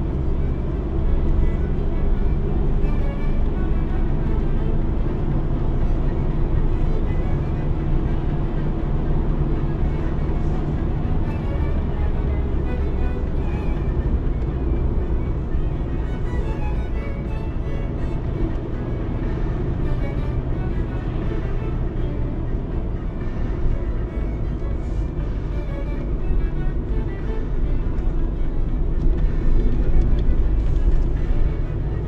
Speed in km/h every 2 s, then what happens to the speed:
79, 81, 83, 83, 83, 80, 70, 67, 64, 65, 66, 63, 58, 54, 51, 59.
0-9 steady at about 83. 9-15 slows to 64. 15-21 steady at about 65. 21-27 slows to 51.